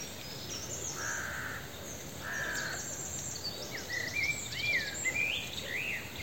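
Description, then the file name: Carrion crow: two harsh, raspy caws early on, followed by squeaky chirps over a constant noisy hiss. "Corvus corone"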